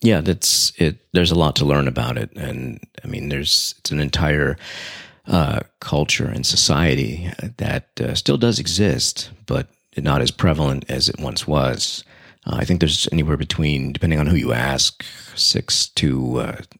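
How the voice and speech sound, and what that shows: A single adult man speaks fluently in a low, steady voice at a conversational pace, with natural pauses between phrases. His articulation is clear and his voice quality is ordinary, with no hoarseness, stuttering or slurring.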